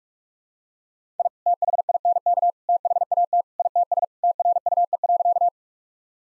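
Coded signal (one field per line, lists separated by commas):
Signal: Morse code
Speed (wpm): 46 wpm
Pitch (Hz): 700 Hz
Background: none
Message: I THINK THAT ITS TRUE.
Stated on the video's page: Head-copy practice of sentences containing common two-word phrases, sent at 45 wpm, then repeated.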